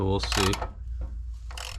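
A metal bearing with a retaining ring is pressed into its housing using a screw-type press tool and ratchet, with someone talking briefly at the start. Ratcheting and mechanical clicks follow, around 1.0 s and in a quick cluster from 1.5 to 1.8 s, as the press tightens. The retaining ring has not clicked into place yet.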